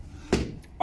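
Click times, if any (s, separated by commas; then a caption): 0.8 s. An occupancy sensor light switch mechanism from the Schneider Iconic range sits clicked into its wall switch frame while its plastic locking bar is moved to secure it. A broad scraping rush rises around 0.3 s and fades, then a sharp snap at 0.8 s marks the locking bar snapping home. The switch is locked in and good to go.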